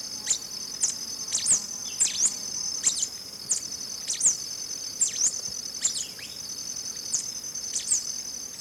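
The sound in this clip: Black-capped Warbling Finch giving thin, high call notes singly or in pairs at irregular intervals, many slurring downward, with a constant high-pitched insect hum.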